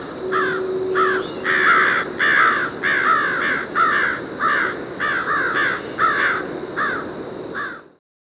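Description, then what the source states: American crow mobbing calls: a fast, insistent run of about a dozen harsh caws against a continuous high-pitched insect chorus. A few crows mobbing a raccoon at the top of a tree, Brenton Point State Park, Newport County, Rhode Island, about 7:30 a.m., September 24, 2017.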